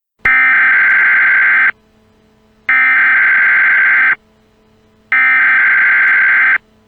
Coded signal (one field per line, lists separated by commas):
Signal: Emergency Alert System (SAME) tones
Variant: header bursts